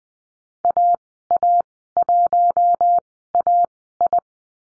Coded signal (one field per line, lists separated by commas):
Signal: Morse code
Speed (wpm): 20 wpm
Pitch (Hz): 700 Hz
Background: none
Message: AA1AI